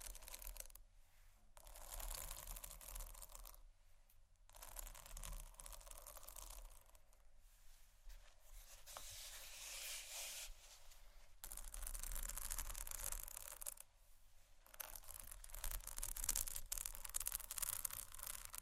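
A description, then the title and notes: Scratchy tapping and scraping run in bursts of dense, crackly texture, bright and gritty, broken by brief near-silent pauses around 1, 4, 7, 11 and 14 seconds. A steady low hum sits underneath, and the bursts swell and fade slightly in loudness. ASMR Scratchy Tapping For Sleep & Study （No Talking）.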